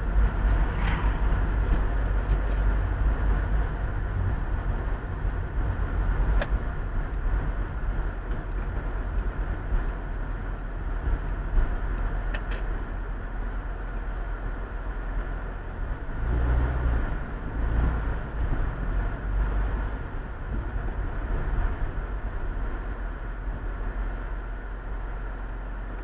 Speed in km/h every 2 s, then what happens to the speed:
5, 25, 25, 24, 22, 16, 13, 8, 8, 13, 17, 14, 5.
0-5 speeds up to 25. 5-14 slows to 8. 14-21 speeds up to 17. 21-26 slows to 5.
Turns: none.